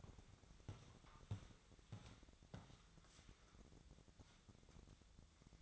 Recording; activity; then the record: daily activity, microphone in the room; walk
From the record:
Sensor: 3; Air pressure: 1012.1 hPa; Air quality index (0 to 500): 186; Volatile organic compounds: 3 ppm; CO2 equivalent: 1418 ppm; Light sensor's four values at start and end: 55/145/63/67 and 53/141/61/64